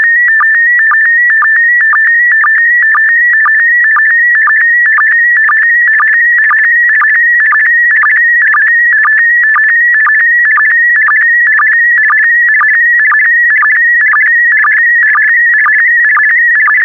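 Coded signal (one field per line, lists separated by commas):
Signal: SSTV (slow-scan television)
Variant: PD120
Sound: warbling tone shifting around 1.8-2 kHz with regular short low sync chirps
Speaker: complete you can now check your decoded image against the picture that is shown on the video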